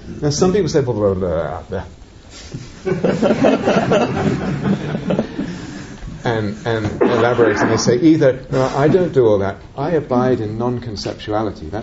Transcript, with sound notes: Now, some people say, "Well, blaaaahhgghh." [laughter] And elaborate, and they say either, "I don't do all that; I abide in non-conceptuality.